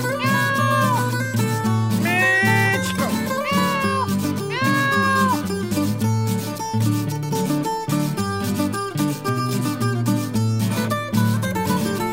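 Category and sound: animal, cat meowing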